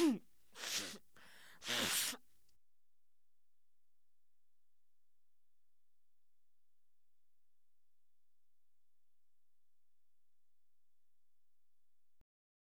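Three sharp, breathy sneezes crowd into the first two seconds, the first opening on a voiced intake, followed by about ten seconds of silence. The sneezes come from a man and a woman.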